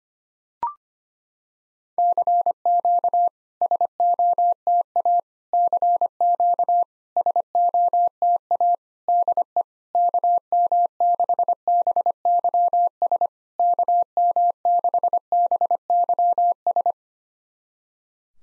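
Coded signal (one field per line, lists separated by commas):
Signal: Morse code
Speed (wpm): 25 wpm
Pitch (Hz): 700 Hz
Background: none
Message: CQ SOTA CQ SOTA DE KM6BYS KM6BYS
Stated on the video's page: Computer-generated SOTA QSO practice drill at 25 wpm; each exchange is sent in Morse, then spoken, then sent again.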